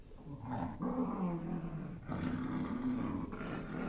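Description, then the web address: Dog growling in long, low rumbling bursts with a harsh, throaty edge, broken by brief pauses. Angry dog growling. "Sound Effects-BBC Dog"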